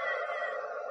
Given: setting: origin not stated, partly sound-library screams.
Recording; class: one-second piece from a danger detection set; woman in danger